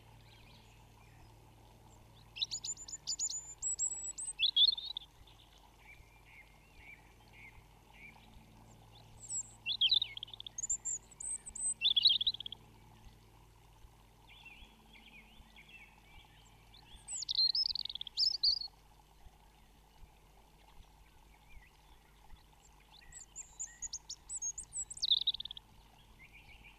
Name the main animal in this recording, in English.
European Robin